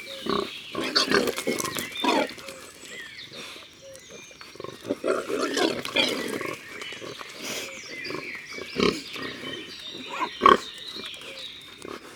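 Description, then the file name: Wild boar grunting in bursts of low, rough snorts and grunts, clustered irregularly throughout. In the forest. "Imagier Sanglier Un jour dans la foret"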